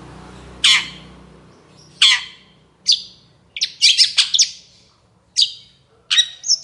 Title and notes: Cendet Gacor Dor Di Kala Pagi Toet Toet Variasi Suara. Burung cendet